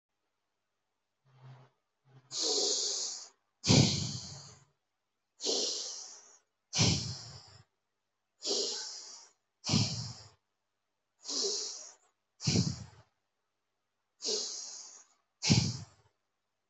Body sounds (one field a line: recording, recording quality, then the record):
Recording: deep breathing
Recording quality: excellent, no background noise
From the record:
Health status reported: healthy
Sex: male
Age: 21 years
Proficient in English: yes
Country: India